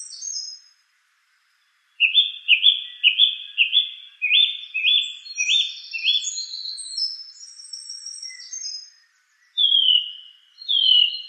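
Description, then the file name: Song thrush singing one phrase several times in quick succession, then high thin squeaks, then two clear downslurred notes. "suara-kicauan-burung-song-thrush -omkicau"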